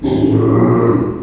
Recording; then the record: squeal of a Yucatan mini pig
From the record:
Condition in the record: before surgery on the right vocal fold (resection and tissue-engineered implant); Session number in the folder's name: 1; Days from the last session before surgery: -3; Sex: male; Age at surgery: 12 weeks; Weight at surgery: 13 kg